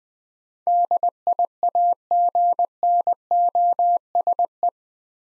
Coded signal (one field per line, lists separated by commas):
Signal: Morse code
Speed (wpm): 20 wpm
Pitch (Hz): 700 Hz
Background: none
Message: DIAGNOSE